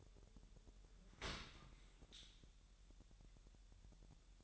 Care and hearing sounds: daily activity, microphone in the room; open dishwasher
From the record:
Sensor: 3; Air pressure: 1000.5 hPa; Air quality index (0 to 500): 248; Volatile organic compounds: 172 ppm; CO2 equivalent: 4112 ppm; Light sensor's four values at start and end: 11/25/10/10 and 11/25/10/10

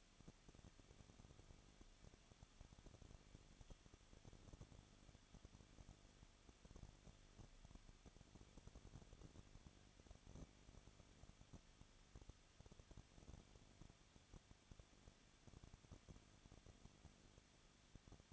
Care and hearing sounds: daily activity, microphone in the room; no activity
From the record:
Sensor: 4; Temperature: 23.0 degrees Celsius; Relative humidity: 34.4%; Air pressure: 1007.3 hPa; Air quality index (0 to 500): 216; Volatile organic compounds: 15 ppm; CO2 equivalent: 2508 ppm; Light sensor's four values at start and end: 2/3/1/1 and 2/3/1/1

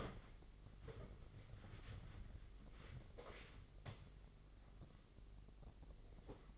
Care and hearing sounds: daily activity, microphone in the room; wipe stove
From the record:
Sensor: 4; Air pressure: 996.8 hPa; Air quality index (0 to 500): 92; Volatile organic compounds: 5 ppm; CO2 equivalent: 1794 ppm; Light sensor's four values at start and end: 18/49/19/20 and 17/47/18/19

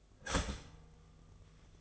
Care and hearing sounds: daily activity, microphone in the room; start toaster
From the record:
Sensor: 4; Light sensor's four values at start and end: 17/56/21/19 and 17/55/21/19

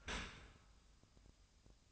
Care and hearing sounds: daily activity, microphone in the room; open dishwasher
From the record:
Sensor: 2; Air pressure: 1004.5 hPa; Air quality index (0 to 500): 117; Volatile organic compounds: 3 ppm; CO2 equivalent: 1421 ppm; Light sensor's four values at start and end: 6/15/6/6 and 6/15/6/6

